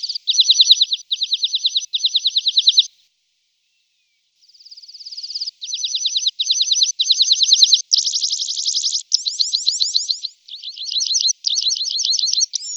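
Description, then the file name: Red-throated pipit giving high, fast trilled phrases, each about a second long, repeated in quick succession and broken by one pause. Nothing else is heard. "Konek krasnozobyy"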